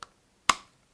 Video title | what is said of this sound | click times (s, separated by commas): AIWB Holster Review 2023 - Alphatactix Holsters | mag careers that have that retention click I really uh do appreciate that | 0.5 s